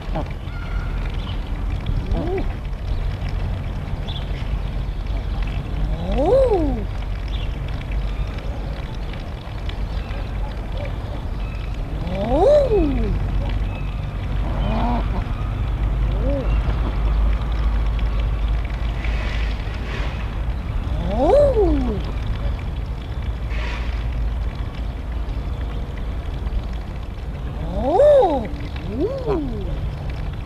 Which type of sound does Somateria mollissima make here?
call